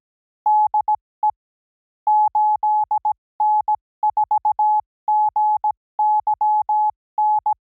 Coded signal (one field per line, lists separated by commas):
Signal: Morse code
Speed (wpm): 17 wpm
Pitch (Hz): 850 Hz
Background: none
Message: DE 8N4GYN